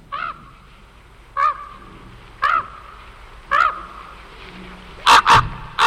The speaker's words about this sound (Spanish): Esta era muy fácil, ¿verdad? Cuervo, un cuervo. Sí, señor.